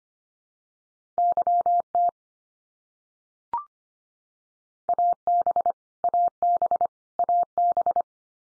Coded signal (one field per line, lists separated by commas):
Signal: Morse code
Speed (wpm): 25 wpm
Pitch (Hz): 700 Hz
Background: none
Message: YT AB AB AB